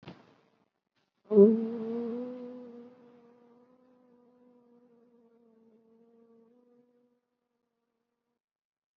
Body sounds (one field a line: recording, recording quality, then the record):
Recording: sustained vowel as in boot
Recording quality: excellent, no background noise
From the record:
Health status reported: COVID-19 positive, mild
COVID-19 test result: positive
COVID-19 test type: RT-PCR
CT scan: not taken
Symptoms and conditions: fatigue, muscle pain, hypertension, diabetes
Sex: female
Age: 67 years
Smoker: no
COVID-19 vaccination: none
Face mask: not worn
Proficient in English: no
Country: India